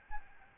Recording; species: mosquito wingbeat signal from an infrared sensor; Aedes albopictus